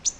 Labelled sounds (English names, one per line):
Virginia's Warbler flight call